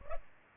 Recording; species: mosquito wingbeat signal from an infrared sensor; Culex pipiens